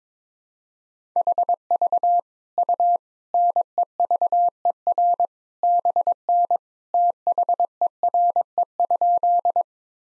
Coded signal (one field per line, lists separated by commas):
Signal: Morse code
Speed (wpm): 22 wpm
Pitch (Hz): 700 Hz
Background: none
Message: HV U NEVER BN THERE?